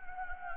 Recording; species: mosquito wingbeat signal from an infrared sensor; Anopheles gambiae